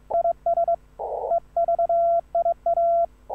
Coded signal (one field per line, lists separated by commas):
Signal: Morse code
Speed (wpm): 22 wpm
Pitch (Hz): 680 Hz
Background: none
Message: IS EVIA